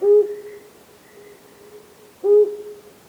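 Flammulated Owl hooting: two short, low, mellow hoots about two seconds apart, each trailing off softly.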